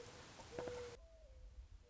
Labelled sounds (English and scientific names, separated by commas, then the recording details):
Mourning Dove (Zenaida macroura)
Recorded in Sonoma County, California